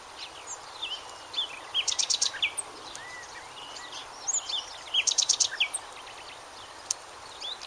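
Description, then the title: Bird giving two fast buzzy trill bursts a few seconds apart, scattered thin whistles between them, and a steady hiss in the background. "LuckyPassaro Completos2Sama"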